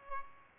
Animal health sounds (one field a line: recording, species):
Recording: mosquito wingbeat signal from an infrared sensor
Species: Aedes albopictus